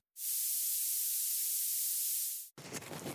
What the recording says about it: You have what we call a white noise style of tinnitus. Your tinnitus is at 8 kilohertz, which is quite a high frequency.